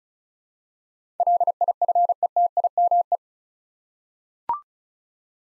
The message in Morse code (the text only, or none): LIFETIME